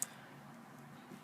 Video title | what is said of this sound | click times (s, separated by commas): How to: Strapping a Mask. | just press down sometimes you will actually hear a click and that is | 0.0 s